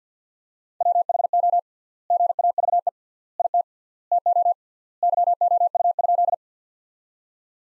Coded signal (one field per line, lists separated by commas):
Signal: Morse code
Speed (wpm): 50 wpm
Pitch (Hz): 700 Hz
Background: none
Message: WHO GAVE IT TO YOU?